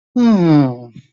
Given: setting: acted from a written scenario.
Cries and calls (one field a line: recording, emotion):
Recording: vocal sound without words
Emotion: disappointment